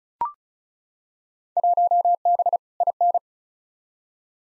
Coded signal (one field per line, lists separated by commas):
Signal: Morse code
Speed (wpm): 34 wpm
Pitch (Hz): 700 Hz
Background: none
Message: 1B IN